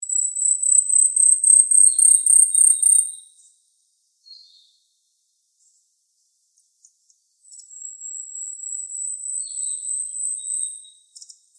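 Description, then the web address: Asian stubtail song: two runs of very high, thin, insect-like ticking notes, each lasting about three seconds, with faint lower chirps. "birdenaga yabusame"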